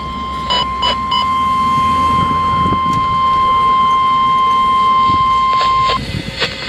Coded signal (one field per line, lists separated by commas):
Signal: Emergency Alert System (SAME) tones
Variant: 1050 Hz attention tone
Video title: EAS #125 - Severe Thunderstorm Warning